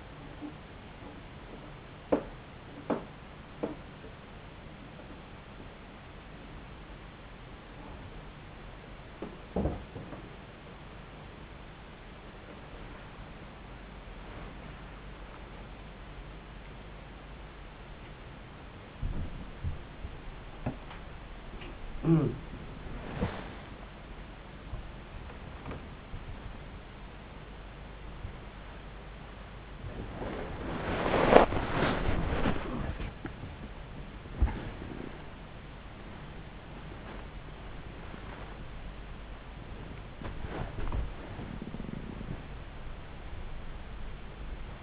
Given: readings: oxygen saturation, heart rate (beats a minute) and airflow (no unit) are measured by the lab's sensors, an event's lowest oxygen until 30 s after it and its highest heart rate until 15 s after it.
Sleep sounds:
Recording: a person awake in a sleep study, by a voice recorder at the bedside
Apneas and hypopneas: none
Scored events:
0.00-44.83 s: awake
From the record:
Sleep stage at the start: awake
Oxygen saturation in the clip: 94 to 95%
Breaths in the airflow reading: 16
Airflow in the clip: -9.5 to 11.8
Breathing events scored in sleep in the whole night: 270 in 6.1 hours asleep

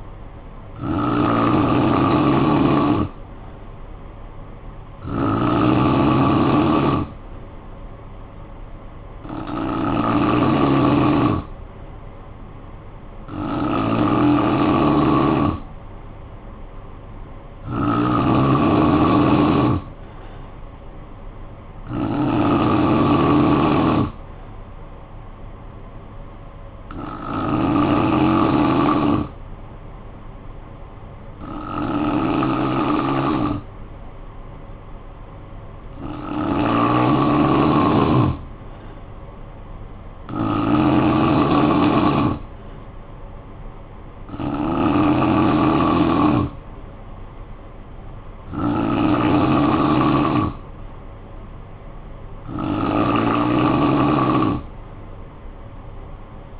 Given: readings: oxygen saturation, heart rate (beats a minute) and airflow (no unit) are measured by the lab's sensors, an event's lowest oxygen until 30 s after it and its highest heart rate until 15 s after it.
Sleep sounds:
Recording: breathing in sleep by a smartphone at the bedside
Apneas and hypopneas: 1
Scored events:
29.00-41.10 s: hypopnea (N3, oxygen 93% highest, then 89% lowest, heart rate 55 at the start, 59 highest)
From the record:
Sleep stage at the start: N3 (deep sleep)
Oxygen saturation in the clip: 89 to 93%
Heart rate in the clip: 52 to 60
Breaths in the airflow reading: 13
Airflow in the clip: -8.9 to 4.9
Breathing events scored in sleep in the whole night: 445 in 7.6 hours asleep

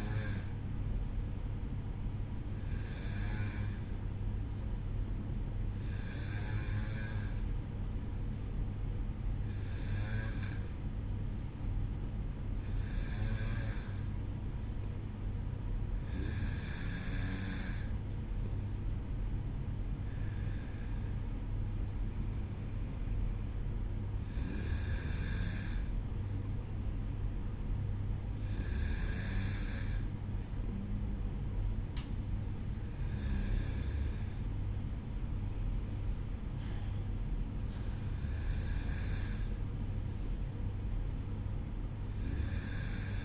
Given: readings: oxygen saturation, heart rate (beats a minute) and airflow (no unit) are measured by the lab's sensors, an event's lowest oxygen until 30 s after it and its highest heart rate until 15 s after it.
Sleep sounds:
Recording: breathing in sleep by a smartphone at the bedside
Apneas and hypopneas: none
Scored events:
none scored
From the record:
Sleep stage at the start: N1 (lightest sleep)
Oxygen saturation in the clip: 92 to 94%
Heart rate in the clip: 54 to 57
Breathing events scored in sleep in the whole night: 305 in 9.6 hours asleep

